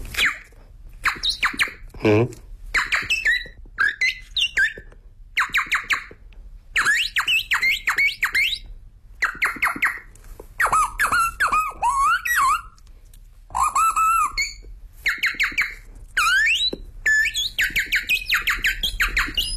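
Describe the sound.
A person performing kouji, Chinese vocal mimicry, whistles and chirps in imitation of birdsong, producing rapid high-pitched trills, squeaks and warbling phrases in quick bursts separated by brief pauses, fairly loud throughout.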